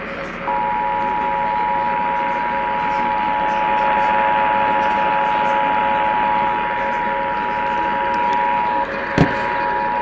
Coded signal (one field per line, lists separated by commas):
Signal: Emergency Alert System (SAME) tones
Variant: 853 and 960 Hz attention tone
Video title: LET'S HAVE AN RMT! Broadcast Radio & Online Stream EAS: Required Monthly Test (EAS #295-296)